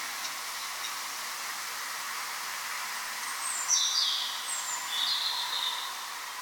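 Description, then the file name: Bird giving a brief burst of short, high chirps midway through, over a steady loud hiss. Nocturnal bird recorded on rue du Volga, Paris. "Oiseau nocturne rue du Volga Paris"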